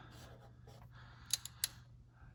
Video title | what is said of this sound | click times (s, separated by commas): 2005 Lexus LS430 six speed transmission fluid and filter change at 128k mile. Never been done | nice click very good so it's nice and tight I've checked | 1.6 s